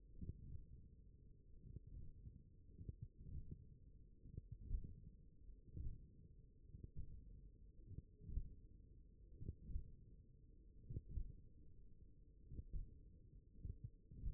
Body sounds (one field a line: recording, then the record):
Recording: forearm muscle sounds (acoustic myography)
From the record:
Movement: hand closing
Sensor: system 1, eight BSWA MPA416 microphones around the upper forearm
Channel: 7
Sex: male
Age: 42 years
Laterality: right